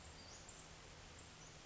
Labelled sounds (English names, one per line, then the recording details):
Western Flycatcher
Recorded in Sonoma County, California